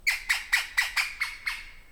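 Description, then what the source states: P. pallescens calling, seven harsh squawks in quick succession, about four a second, gradually fading. Recorded 15 September 2018 at 09:00.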